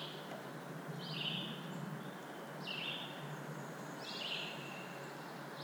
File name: Black-throated Blue Warbler - Setophaga caerulescens